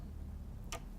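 An Ethernet (RJ45) cable plug in a desktop computer's network port is unlatched by pressing the small tab on top of the plug, then pulled out. A single sharp click sounds at 0.7 s over a steady low hum. The plug is released from the port.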